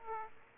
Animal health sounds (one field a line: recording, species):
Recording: mosquito wingbeat signal from an infrared sensor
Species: Aedes aegypti